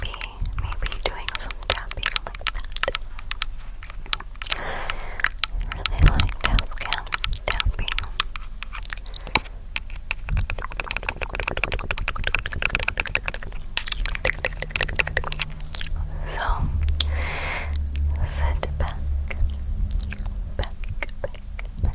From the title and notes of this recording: ASMR Tingly Tascam Mouth Sounds (Breathy, Tktk, Tapping, Hand Movements).